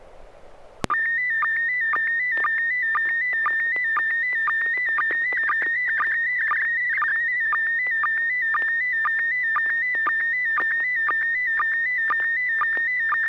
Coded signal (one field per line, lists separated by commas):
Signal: SSTV (slow-scan television)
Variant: PD 120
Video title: N6NA SSTV Net - 06/08/2022